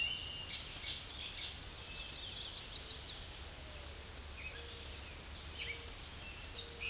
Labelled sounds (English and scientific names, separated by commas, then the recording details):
American Redstart (Setophaga ruticilla) song
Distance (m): 30 m
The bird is about 10 m above the microphone
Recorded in a Pennsylvania forest on 16 May 2024 at 07:43
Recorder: AudioMoth, point MSD-0827
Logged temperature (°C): 12.1 °C
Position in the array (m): 134 m, 224 m